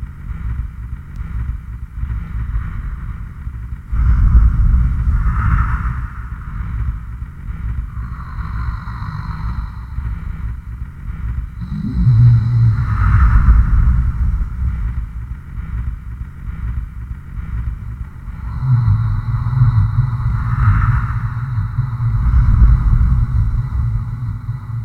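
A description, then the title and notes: Breathing pushed through a pitch-lowering effect becomes a deep, rumbling growl, swelling in long waves near 4, 12 and 19 seconds with a thin whistling tone above. Breathing into a de-pitcher.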